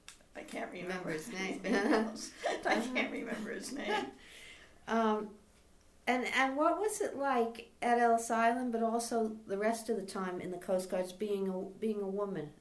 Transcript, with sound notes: I can't remember his name. I can't remember his name. [Laughs]
And what was it like at Ellis Island, but also the rest of the time in the Coast Guards being a — being a woman